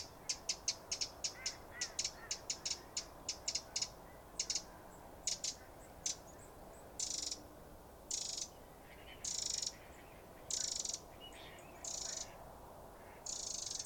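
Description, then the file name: Eurasian wren starting with quick dry ticks, several per second, then switching to longer harsh churring rattles spaced about a second apart. "Troglodytes troglodytes"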